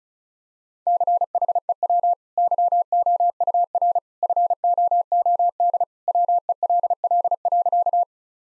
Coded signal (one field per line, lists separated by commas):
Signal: Morse code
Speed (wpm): 36 wpm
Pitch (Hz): 700 Hz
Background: none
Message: CHEW YOUR FOOD WELL.